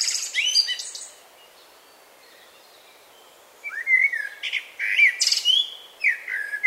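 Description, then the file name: Common blackbird, song: a short squeaky phrase, a pause of over two seconds, then rich warbled whistles broken by sharp high twittering notes. "Turdus merula"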